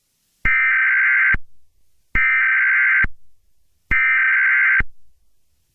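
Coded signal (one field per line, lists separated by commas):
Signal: Emergency Alert System (SAME) tones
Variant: header bursts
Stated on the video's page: Fictional EAS scenario, not a real alert.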